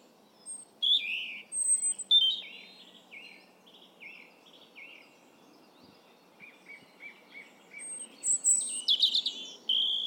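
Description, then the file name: European robin song: a series of short, high descending whistled notes, then a busy burst of thin trills and squeaks, over low steady hiss. "Erithacus rubecula"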